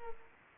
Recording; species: mosquito wingbeat signal from an infrared sensor; Culex quinquefasciatus